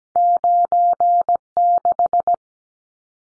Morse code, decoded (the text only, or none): 96